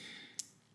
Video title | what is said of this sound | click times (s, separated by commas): Borealis Caloura (Aquis Homage) 4K Watch Review | each click has a nice loud audible click and there's no play in it | 0.4 s